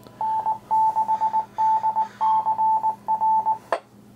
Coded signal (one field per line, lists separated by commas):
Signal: Morse code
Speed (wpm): 19 wpm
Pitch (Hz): 880 Hz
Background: none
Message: N6DCR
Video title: FT 817 for SOTA